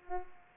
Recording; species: mosquito wingbeat signal from an infrared sensor; Culex pipiens